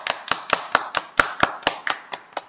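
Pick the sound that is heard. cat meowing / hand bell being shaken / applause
applause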